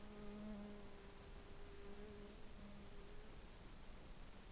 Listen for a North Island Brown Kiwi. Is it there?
no